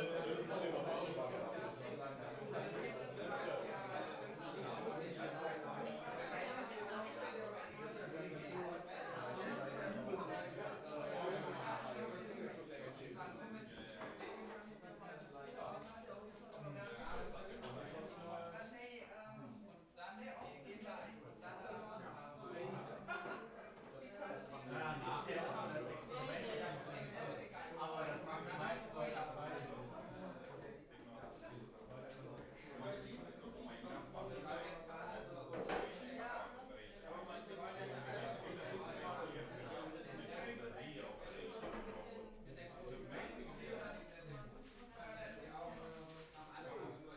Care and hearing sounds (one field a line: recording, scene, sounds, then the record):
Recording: everyday scene through a hearing-aid microphone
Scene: many people talking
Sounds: many voices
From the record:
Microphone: behind the ear, left, rear